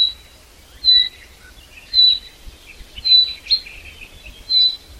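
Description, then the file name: Common chaffinch giving a short, high whistled note about once a second, with softer chirping between the notes. "Fringilla coelebs"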